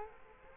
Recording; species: mosquito wingbeat signal from an infrared sensor; Culex quinquefasciatus